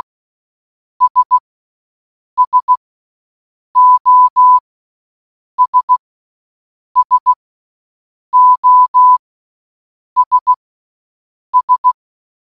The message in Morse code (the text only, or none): S SOS SOS S